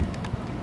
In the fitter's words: into there make sure it clicks in and makes a nice click sound you don't want this falling off while you way